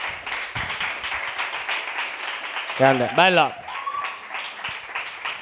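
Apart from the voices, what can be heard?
audience applause and clapping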